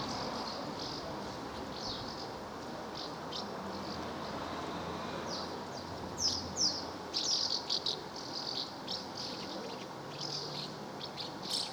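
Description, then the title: Swallows calling with thin high chirps, sparse in the first half and then livelier bursts of twittering toward the end, over steady background hiss. Recorded in Villefranche-du-Périgord, France. "1 Rue Notre Dame, Villefranche-du-Périgord, France - Swallows - Hirondelles"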